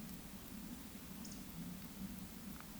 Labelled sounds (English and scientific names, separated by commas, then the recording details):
Eurasian Woodcock (Scolopax rusticola) whistle
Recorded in Baden-Württemberg, Germany, on 9 May 2021 at 19:07 UTC
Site 23718, 552 m above sea level